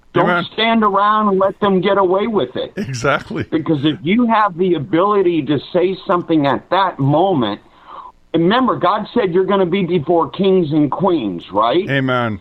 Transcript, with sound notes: Don't stand around and let them get away with it.
Exactly. (laughs)
Because if you have the ability to say something at that moment... And remember, God said you're gonna be before kings and queens, right?